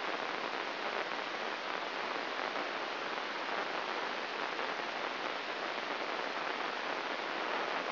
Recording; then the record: brain microelectrode recording played as sound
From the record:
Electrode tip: inside the subthalamic nucleus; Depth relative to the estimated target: 2 mm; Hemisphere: right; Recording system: AlphaMap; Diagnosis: Parkinson's disease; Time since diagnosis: 7 years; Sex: female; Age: 49 years